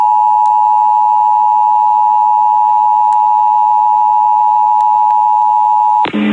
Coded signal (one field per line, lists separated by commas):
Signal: Emergency Alert System (SAME) tones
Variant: 853 and 960 Hz attention tone